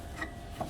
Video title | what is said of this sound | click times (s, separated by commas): How to fix suspension and tierod ends on craftsman lt3000 lawn mower | Luckily, that just pops right in. | 0.2 s, 0.6 s